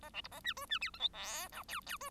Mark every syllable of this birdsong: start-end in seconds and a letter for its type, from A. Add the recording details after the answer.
0.02-0.10 A, 0.13-0.21 B, 0.24-0.28 C, 0.31-0.40 A, 0.44-0.54 D, 0.56-0.66 E, 0.69-0.79 D, 0.81-0.91 F, 0.93-0.99 G, 0.99-1.09 H, 1.13-1.49 I, 1.52-1.63 J, 1.68-1.81 K, 1.86-1.98 K, 2.00-2.10 E. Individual Bird1